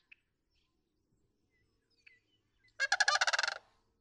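Sandhill crane uttering one loud rolling, trilled rattle lasting under a second, after a quiet pause with a couple of soft bird chirps.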